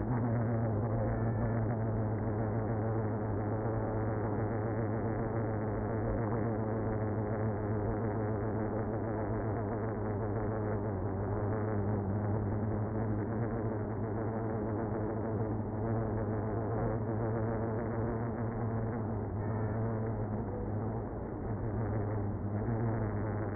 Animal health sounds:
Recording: honeybee colony, microphone inside the hive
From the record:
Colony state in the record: queenless (queen removed)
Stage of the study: after two queens were removed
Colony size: about 60,000 bees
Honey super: yes

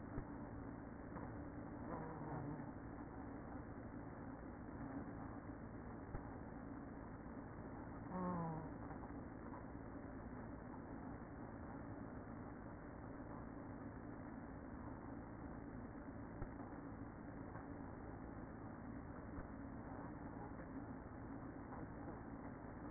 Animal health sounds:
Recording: honeybee colony, microphone inside the hive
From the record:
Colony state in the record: queen present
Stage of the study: after two queens were removed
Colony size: about 60,000 bees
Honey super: yes

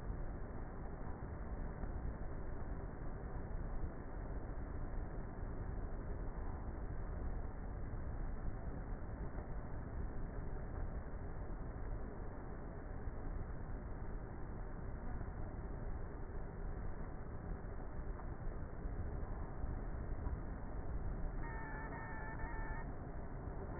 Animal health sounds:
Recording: honeybee colony, microphone inside the hive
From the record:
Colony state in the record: queenless with a low population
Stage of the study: before two queens were removed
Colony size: about 30,000 bees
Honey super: no

